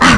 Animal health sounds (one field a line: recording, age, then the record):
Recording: pig call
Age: piglet (1 to 25 days)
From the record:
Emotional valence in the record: positive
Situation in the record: reunion after long isolation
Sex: female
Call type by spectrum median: low-frequency call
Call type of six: low-frequency tonal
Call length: 0.18 s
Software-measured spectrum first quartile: 469 Hz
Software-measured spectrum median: 1218 Hz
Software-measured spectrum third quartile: 2157 Hz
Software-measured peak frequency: 230 Hz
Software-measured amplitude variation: 39 dB a second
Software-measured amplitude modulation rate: 16.7 a second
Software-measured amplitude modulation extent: 2.3 dB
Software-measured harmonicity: -0.1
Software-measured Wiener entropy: -1.08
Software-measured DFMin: 943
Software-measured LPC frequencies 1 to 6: 1237, 1814, 2887, 4358, 5906, 7196 Hz